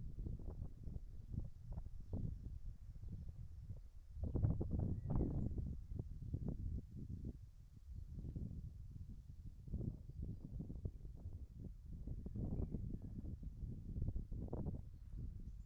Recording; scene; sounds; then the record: everyday scene through a hearing-aid microphone; wind on the microphone; wind, whistling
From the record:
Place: in front of a rural house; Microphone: behind the ear, right, front